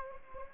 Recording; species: mosquito wingbeat signal from an infrared sensor; Anopheles gambiae